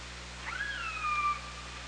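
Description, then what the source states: Killer whale call: one rising whistled tone that levels into a long, steady, harmonic note, over a low, constant hum. Killer whales recorded on the OrcaLab hydrophone, 24 August 2017, 17:23.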